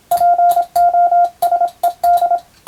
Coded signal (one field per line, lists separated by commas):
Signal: Morse code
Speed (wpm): 27 wpm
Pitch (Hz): 700 Hz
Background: none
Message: POSED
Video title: アマチュア無線のＦＴ８も楽しいけどＣＷはもっと楽しいぞ！モールス信号を操る匠の技！自分の頭の中で符号を変換して脳を活性化！morse code practice for radio operator)